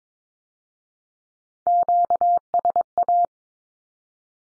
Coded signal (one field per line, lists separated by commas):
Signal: Morse code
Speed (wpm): 22 wpm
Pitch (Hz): 700 Hz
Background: none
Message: QSA